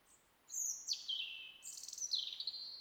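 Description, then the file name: European robin song: a thin high whistle dropping into a descending warble, then a second phrase of rapid, tinkling trilled notes. "Erithacus rubecula"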